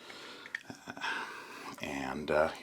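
The sides of a plastic fire sensor box from an Xtool fire safety set are squeezed to release its clips, and the box is pulled out of its mounting bracket on a laser engraver. A sharp snap at 0.6 s marks the box unclipping and coming free, while someone talks.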